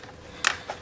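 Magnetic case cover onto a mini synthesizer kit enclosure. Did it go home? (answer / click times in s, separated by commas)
yes / 0.5 s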